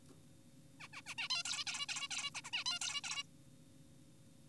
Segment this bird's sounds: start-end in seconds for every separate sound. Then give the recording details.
0.80-0.88, 0.93-1.02, 1.06-1.15, 1.18-1.28, 1.30-1.43, 1.45-1.65, 1.67-1.86, 1.89-2.08, 2.11-2.30, 2.35-2.42, 2.44-2.51, 2.53-2.64, 2.66-2.79, 2.82-3.01, 3.04-3.23. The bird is an adult. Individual g4p5U